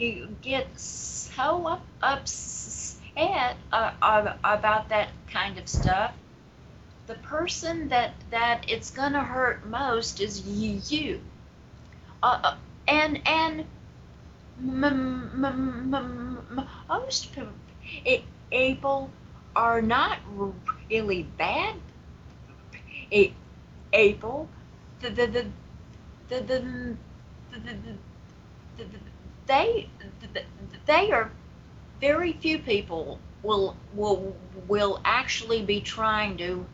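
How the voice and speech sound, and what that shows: An adult woman speaking, with stuttering: rapid repeated sounds and syllables ('the-the-the', 'th-th-th', 'will-wi-will'), drawn-out sounds, and silent blocks with long pauses before words such as 'most' and 'people'.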